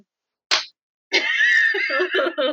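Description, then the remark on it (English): A single sharp, fleshy slap as a woman smacks her own belly with her hand, followed after a short pause by a long burst of high, squealing laughter. “As she slapped her tummy. I said, did you just slap yourself?”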